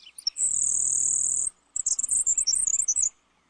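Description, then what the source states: Grasshopper sparrow song: a very high, thin insect-like buzz held for about a second, followed by a jumble of quick high notes. Song so buzzy it is easily mistaken for an insect.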